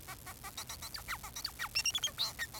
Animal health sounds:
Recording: song of a male Bengalese finch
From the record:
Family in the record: son of father 4

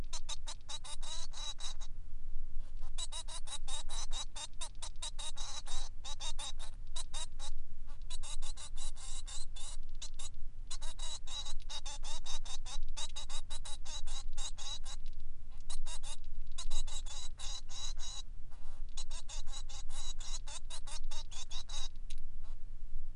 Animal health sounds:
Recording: song of a male Bengalese finch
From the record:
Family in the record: son of father 3

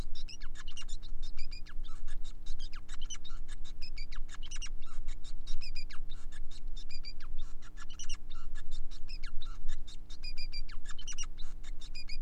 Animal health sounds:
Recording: song of a male Bengalese finch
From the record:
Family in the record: son of father 5

